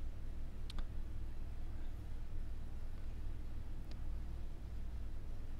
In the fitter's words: After that, just snap the frame back on, the face plate,